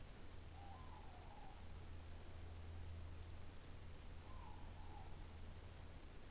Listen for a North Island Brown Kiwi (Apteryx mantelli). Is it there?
no